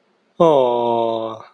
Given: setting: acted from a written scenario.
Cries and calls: vocal sound without words; adoration

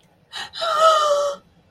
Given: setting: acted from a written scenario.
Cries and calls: vocal sound without words; distress

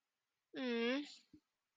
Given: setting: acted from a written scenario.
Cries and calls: vocal sound without words; sympathy

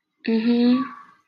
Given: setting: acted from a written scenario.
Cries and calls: vocal sound without words; sympathy

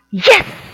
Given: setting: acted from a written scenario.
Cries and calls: vocal sound without words; triumph

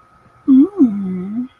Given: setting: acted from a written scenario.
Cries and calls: vocal sound without words; romantic love

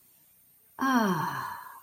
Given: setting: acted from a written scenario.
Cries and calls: vocal sound without words; ecstasy

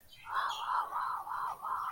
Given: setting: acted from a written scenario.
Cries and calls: vocal sound without words; awe

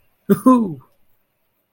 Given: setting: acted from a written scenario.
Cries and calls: vocal sound without words; triumph

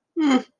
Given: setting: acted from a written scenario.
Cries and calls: vocal sound without words; neutral

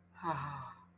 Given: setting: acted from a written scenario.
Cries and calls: vocal sound without words; awe

